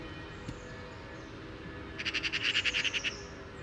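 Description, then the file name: Eurasian magpie giving one short, quick rattle of harsh notes after a quiet opening with a single faint click. "Pica pica"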